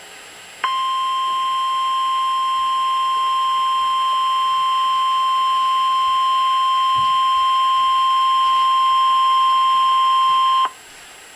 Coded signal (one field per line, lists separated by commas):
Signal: Emergency Alert System (SAME) tones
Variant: 1050 Hz attention tone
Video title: EAS severe thunderstorm warning in central Maryland, northen Virginia and the District of Columbia